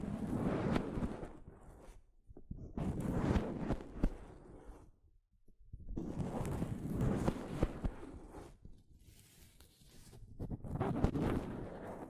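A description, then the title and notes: Soft fabric brushing over a microphone in dense, rustling bursts of a second or two, separated by short silences, with heavy low rumble. ASMR Mic Brushing using Soft Fabric (No Talking).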